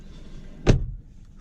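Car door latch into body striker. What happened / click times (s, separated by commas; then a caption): The door latch caught on closing / 0.7 s. A framed car door on a 2016 Mercedes C180 swings shut, and its latch catches the body striker with a single solid thud-click at 0.7 s. The latch seats cleanly. With its window frame, the door closes without the glass shaking the way frameless doors do, and it gives a satisfying, safe-feeling close.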